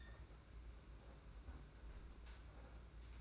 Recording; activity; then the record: daily activity, microphone in the room; close fridge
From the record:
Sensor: 2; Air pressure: 991.7 hPa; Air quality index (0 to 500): 221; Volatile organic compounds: 1000 ppm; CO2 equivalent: 7386 ppm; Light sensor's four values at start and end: 25/80/31/29 and 25/80/31/29